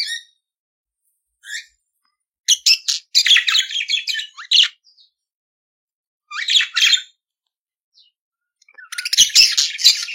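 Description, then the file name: Budgerigar warble of scattered chirps then dense scratchy chatter, a pause, another burst, and a final stretch of rasping buzzy notes. "Canto do periquito australiano"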